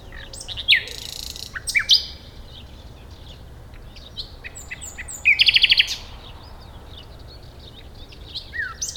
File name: Luscinia megarhynchos